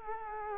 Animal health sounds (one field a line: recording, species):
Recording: mosquito wingbeat signal from an infrared sensor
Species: Culex quinquefasciatus